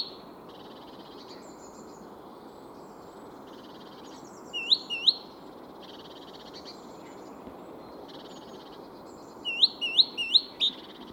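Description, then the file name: Great tit calls: two short bursts of a few sharply rising, whistled notes, with quiet hiss between. "Parus major"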